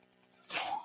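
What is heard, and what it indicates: A quiet stretch, then a brief breathy rush of air from a mechanical ventilator delivering a breath.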